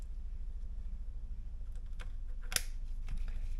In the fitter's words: make sure it clicks good